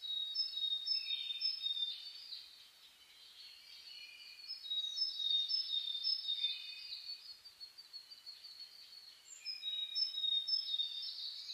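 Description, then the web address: Many birds chirp and whistle at dawn in a continuous high chatter, louder passages coming and going every few seconds. Dawn chorus (reimei) birdsong (saezuri), recorded 10 May 2010 at 04:01, labelled DH-D50. "reimei DH-D 50-saezuri-20100510-0401"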